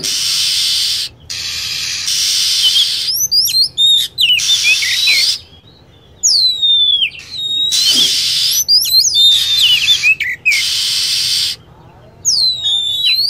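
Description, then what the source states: Lovebird: shrill, fast chirps and steep falling whistles come in bursts between several stretches of loud steady hiss. Lure sound (pikat) used to attract lovebirds.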